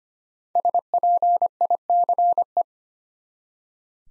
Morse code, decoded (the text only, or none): SPICE